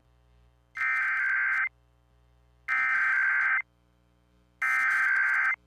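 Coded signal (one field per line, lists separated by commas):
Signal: Emergency Alert System (SAME) tones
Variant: header bursts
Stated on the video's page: Ohio EAS Required Monthly Test header aired on an FM station out of Bryan.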